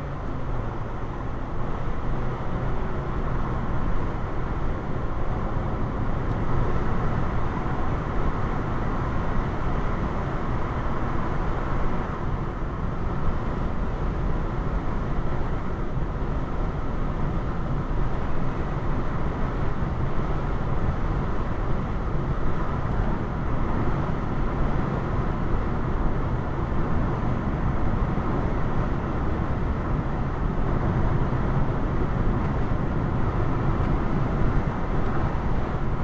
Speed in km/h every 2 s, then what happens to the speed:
93, 100, 103, 105, 105, 105, 105, 105, 105, 103, 103, 103, 103, 103, 103, 103, 103, 105.
0-5 speeds up to 105. 5-36 steady at about 103.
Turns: none.